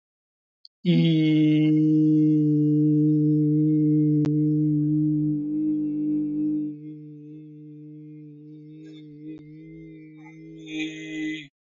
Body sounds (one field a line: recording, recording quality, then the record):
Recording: sustained vowel as in beet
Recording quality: excellent, no background noise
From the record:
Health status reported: healthy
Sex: male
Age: 60 years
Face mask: not worn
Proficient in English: yes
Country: India